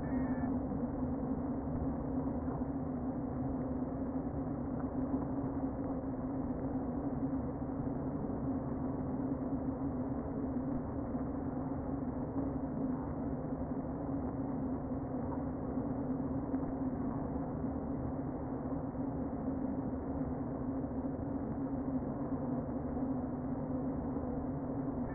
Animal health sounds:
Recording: honeybee colony, microphone inside the hive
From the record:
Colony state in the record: queen present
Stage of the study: before two queens were removed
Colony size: about 60,000 bees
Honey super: yes

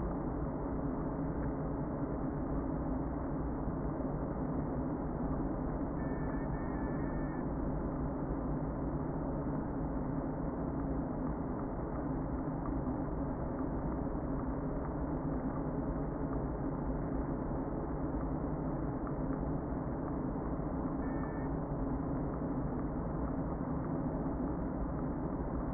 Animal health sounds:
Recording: honeybee colony, microphone inside the hive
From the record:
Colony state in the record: queen present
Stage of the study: before two queens were removed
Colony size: about 60,000 bees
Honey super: yes

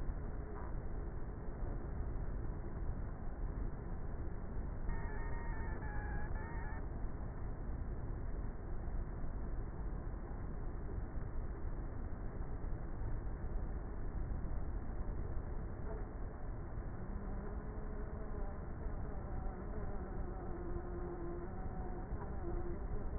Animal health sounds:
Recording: honeybee colony, microphone inside the hive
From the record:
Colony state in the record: queenless with a low population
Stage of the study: before two queens were removed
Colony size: about 30,000 bees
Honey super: no

